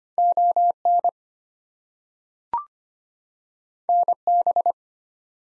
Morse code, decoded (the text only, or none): ON NB